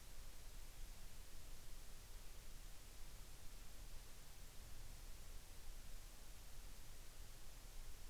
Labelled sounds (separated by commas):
near silence